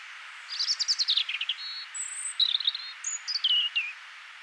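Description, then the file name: European robin delivering a long, varied song phrase: rapid high trills, a thin sustained whistle, then liquid notes sliding downward, over faint hiss. "Erithacus rubecula"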